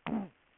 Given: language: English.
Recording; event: throat vibration sensor signal played as sound; throat clearing